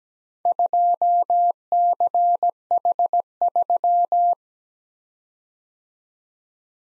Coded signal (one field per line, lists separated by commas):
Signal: Morse code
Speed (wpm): 17 wpm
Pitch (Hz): 700 Hz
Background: none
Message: 2CH3